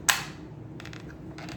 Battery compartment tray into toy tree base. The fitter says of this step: just line everything up and slide it back in until you get a nice satisfying click